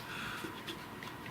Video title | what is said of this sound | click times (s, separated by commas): FIX CUSHION HEADPHONE BOSE...for cheap! | and you push it until it clicks and they are locked there | 1.0 s